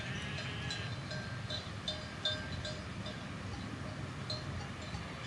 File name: summer mountains ambience altitude sheep herd bells distants marmots wind